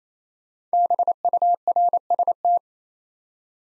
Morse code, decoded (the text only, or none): BURST